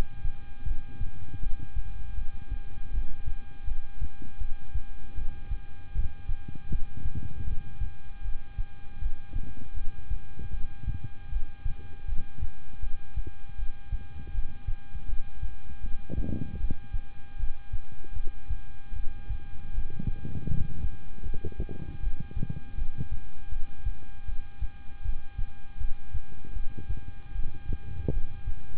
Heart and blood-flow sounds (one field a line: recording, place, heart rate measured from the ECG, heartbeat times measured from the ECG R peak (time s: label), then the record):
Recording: heart sounds by stethoscope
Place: between the tricuspid and mitral areas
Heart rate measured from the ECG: 79 bpm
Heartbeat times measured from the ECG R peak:
0.64 s: heartbeat
1.40 s: heartbeat
2.15 s: heartbeat
2.91 s: heartbeat
3.65 s: heartbeat
4.38 s: heartbeat
5.15 s: heartbeat
5.93 s: heartbeat
6.69 s: heartbeat
7.44 s: heartbeat
8.22 s: heartbeat
8.99 s: heartbeat
9.74 s: heartbeat
10.51 s: heartbeat
11.29 s: heartbeat
12.06 s: heartbeat
12.80 s: heartbeat
13.56 s: heartbeat
14.32 s: heartbeat
15.06 s: heartbeat
15.81 s: heartbeat
16.58 s: heartbeat
17.37 s: heartbeat
18.13 s: heartbeat
18.93 s: heartbeat
19.71 s: heartbeat
20.47 s: heartbeat
21.23 s: heartbeat
22.00 s: heartbeat
22.75 s: heartbeat
23.49 s: heartbeat
24.26 s: heartbeat
25.02 s: heartbeat
25.78 s: heartbeat
26.53 s: heartbeat
27.32 s: heartbeat
28.10 s: heartbeat
From the record:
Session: rest, lying down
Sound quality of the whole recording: good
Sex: male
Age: 26 years